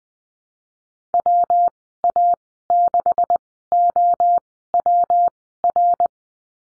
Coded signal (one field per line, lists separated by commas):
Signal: Morse code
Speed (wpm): 19 wpm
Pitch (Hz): 700 Hz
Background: none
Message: WA6OWR